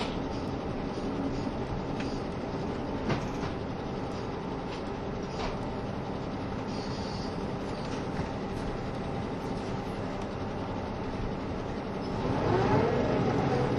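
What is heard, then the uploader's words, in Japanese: Running sound aboard a KiHa 72 series Yufuin no Mori train between Ukiha and Hakata: a steady low rumble and hiss of the moving car, with scattered faint clicks and knocks. Near the twelfth second the noise swells and a brief squealing whine rises. 配信は、JR九州キハ72系 ゆふいんの森06号02 うきは～博多です。走行音。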